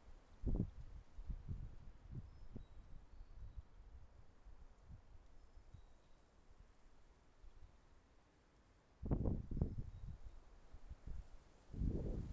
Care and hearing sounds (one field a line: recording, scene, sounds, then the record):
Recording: everyday scene through a hearing-aid microphone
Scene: wind on the microphone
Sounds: wind, traffic, birds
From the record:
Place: suburban garden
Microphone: behind the ear, left, front